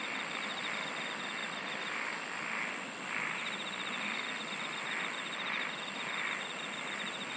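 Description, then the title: Insects singing: a pulsed trill swells and fades repeatedly over a steady high drone and hiss. "SINGING OF INSECTS"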